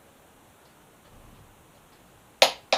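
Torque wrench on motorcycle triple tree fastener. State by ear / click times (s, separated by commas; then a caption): torque reached / 2.4 s, 2.7 s. A click-type torque wrench set to 85 tightens the steering stem or triple-tree nut on a Yamaha FZ6R front end fitted with Yamaha R6 forks. After a quiet stretch, two sharp clicks ring out at 2.4 s and 2.7 s as the wrench reaches its setting, confirming the nut is torqued and the front end is solidly mounted.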